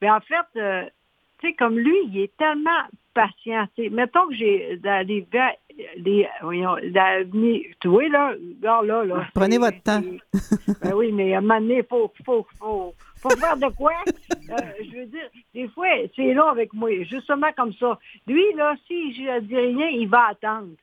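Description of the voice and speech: Halting French speech from an adult woman with aphasia after a 2016 stroke that affected the brain's language area, with word-finding pauses, repeated syllables and garbled words. She knows exactly what she wants to say, but words sometimes do not come out, though speech has slowly returned with training.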